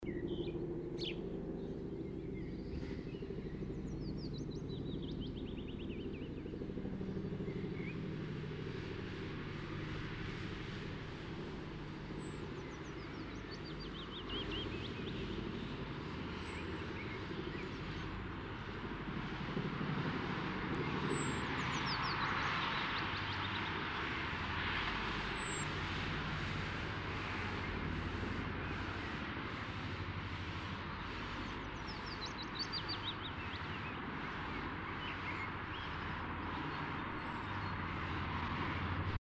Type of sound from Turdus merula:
call